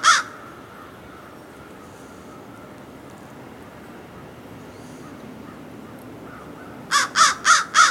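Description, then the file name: American crow with a single harsh caw at the start, a long quiet stretch, then four rapid rasping caws at the end. "Corvus brachyrhynchos - American Crow"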